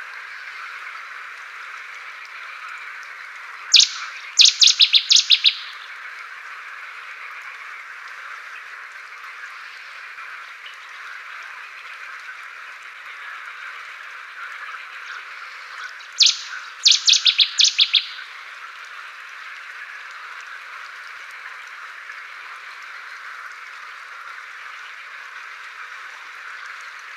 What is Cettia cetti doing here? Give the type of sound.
song